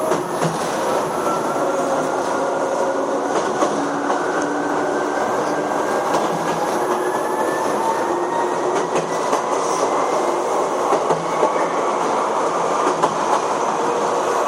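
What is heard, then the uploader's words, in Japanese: Recorded aboard a Chichibu Railway train between Hanyu and Kumagaya: a steady, dense rumble of the moving carriage with faint rhythmic clatter from the wheels. A thin tone slowly rises in pitch throughout, likely the motor, while scattered clicks and creaks run through. 秩父鉄道7500系 羽生ー熊谷。秩父鉄道本線 羽生→熊谷の区間で録音。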